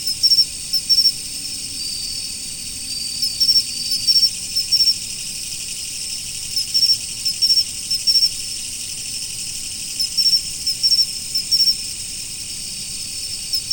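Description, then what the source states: Insect chorus: continuous high-pitched trilling drone overlaid with frequent short chirp bursts in quick runs, a fairly busy rhythm throughout. Autumn insects.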